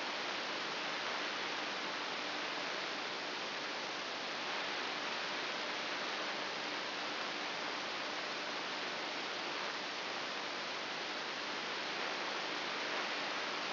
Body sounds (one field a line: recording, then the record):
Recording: brain microelectrode recording played as sound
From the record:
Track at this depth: inside the subthalamic nucleus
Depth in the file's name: 6.001 mm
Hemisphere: right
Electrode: 2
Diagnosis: Parkinson's disease